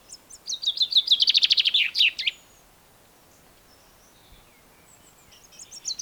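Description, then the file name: Common chaffinch singing one fast, accelerating trill that falls and ends in a flourish, followed by quiet, then faint high notes as another phrase begins. "Fringilla coelebs"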